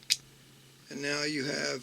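A double-ended driver bit is pulled out of the large bit driver of a Leatherman Surge multi-tool, turned around and pushed back into the holder, snapping in with one sharp click at 0.1 s. The bit is seated, and someone then talks from about 0.9 s to the end.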